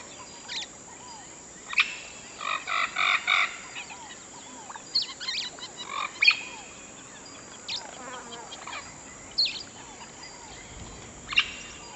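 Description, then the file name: Bird calls with a short run of rich harmonic notes early on, then scattered sharp chirps over a quiet chorus of birds. "Natural Sample Makers - Relaxing Birdsong"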